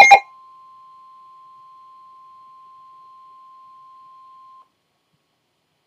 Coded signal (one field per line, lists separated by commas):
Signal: Emergency Alert System (SAME) tones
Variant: 1050 Hz attention tone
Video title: Winter Storm Warning (EAS #509)